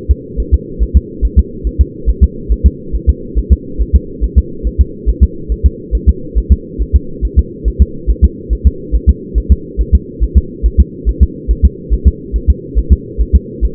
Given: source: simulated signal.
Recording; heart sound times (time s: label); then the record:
fetal heart sounds
0.11 s: S2
0.40 s: S1
0.54 s: S2
0.82 s: S1
0.97 s: S2
1.25 s: S1
1.39 s: S2
1.67 s: S1
1.81 s: S2
2.09 s: S1
2.23 s: S2
2.52 s: S1
2.66 s: S2
2.95 s: S1
3.09 s: S2
3.39 s: S1
3.53 s: S2
3.82 s: S1
3.96 s: S2
4.24 s: S1
4.38 s: S2
4.67 s: S1
4.81 s: S2
5.09 s: S1
5.23 s: S2
5.52 s: S1
5.66 s: S2
5.95 s: S1
6.09 s: S2
6.38 s: S1
6.52 s: S2
6.81 s: S1
6.96 s: S2
7.25 s: S1
7.39 s: S2
7.68 s: S1
7.82 s: S2
8.10 s: S1
8.24 s: S2
8.53 s: S1
8.67 s: S2
8.95 s: S1
9.09 s: S2
9.38 s: S1
9.52 s: S2
9.81 s: S1
9.95 s: S2
10.23 s: S1
10.38 s: S2
10.66 s: S1
10.80 s: S2
11.09 s: S1
11.23 s: S2
11.51 s: S1
11.65 s: S2
11.94 s: S1
12.08 s: S2
12.36 s: S1
12.50 s: S2
12.78 s: S1
12.92 s: S2
13.21 s: S1
13.35 s: S2
13.65 s: S1
From the record:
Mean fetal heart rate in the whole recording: 140 bpm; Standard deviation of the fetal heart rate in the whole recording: 2 bpm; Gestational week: 34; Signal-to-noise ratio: -4.3 dB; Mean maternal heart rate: 72 bpm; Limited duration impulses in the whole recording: absent